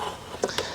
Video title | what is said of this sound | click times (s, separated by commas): Hoover Windtunnel s3641 Canister Vacuum Repair | Yeah, and he just kind of snaps in place with this little metal thing. | 0.6 s